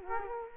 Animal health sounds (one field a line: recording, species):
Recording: mosquito wingbeat signal from an infrared sensor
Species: Culex quinquefasciatus